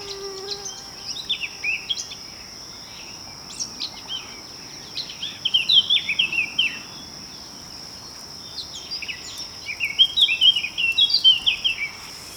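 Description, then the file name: Eurasian blackcap singing short bursts of rapid, twittering phrases separated by pauses, over a constant high-pitched drone. "Sylvia atricapilla"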